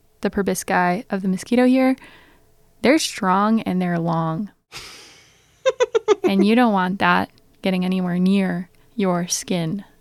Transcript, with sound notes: The probisci of the mosquito here? They're strong and they're long. [laughs] And you don't want that getting anywhere near your skin.